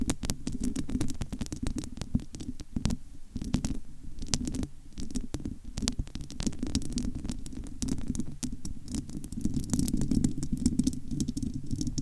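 Fingernails scratch and tap in a quick, uneven stream, sharp clicks landing several times a second for the whole twelve seconds. Under them runs a steady, thick low rumble like rubbing or massage. The bright clicks thin out briefly near the middle, then return.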